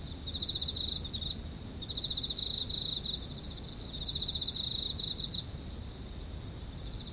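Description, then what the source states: Insects chirping in a series of pulsed bursts, with a shrill constant drone above and soft low ambient noise below. Night, Kashiwa Town, Japan; bugs with town ambience; mid-side stereo.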